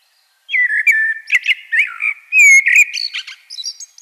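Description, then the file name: Common blackbird singing one long phrase of fluty, slurred whistles mixed with sharp high chips and a thin squeaky ending. "Turdus merula"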